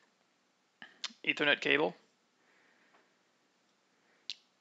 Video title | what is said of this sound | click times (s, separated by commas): How to Setup a Desktop Computer at Home | the PC so make sure it fits snugly in there you should hear a little click and | 4.3 s